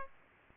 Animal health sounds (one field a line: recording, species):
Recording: mosquito wingbeat signal from an infrared sensor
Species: Aedes aegypti